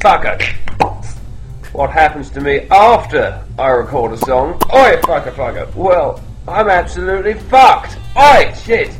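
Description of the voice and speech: A man's speech keeps breaking off into sudden loud interjections: "oi", repeated swear words and "shit", cutting across his sentences so that it takes a while for him to get to the point. These are massive involuntary vocal tics with swearing (coprolalia) seen in Tourette syndrome.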